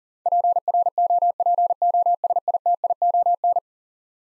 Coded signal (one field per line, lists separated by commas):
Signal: Morse code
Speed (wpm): 37 wpm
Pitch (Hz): 700 Hz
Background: none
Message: PROPOSITION